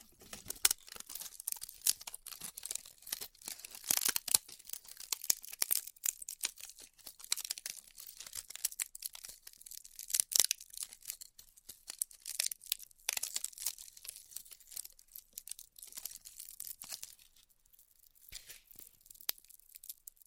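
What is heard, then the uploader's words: Styrofoam being cut with a hot tool gives off a dense, bright crackle of tiny snaps and ticks that runs the whole time. The crackling is irregular, with thicker bursts around the fourth and tenth seconds, and it thins out near the end. ASMR Styrofoam Heat Cutting (No Talking).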